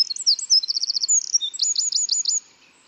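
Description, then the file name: Eurasian wren pouring out rapid shrill notes and fast trills for over two seconds before stopping abruptly. "Troglodytes troglodytes"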